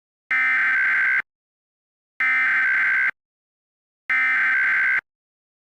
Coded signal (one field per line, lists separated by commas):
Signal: Emergency Alert System (SAME) tones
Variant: header bursts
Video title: EAS Scenario - Windows Vista